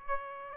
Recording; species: mosquito wingbeat signal from an infrared sensor; Aedes aegypti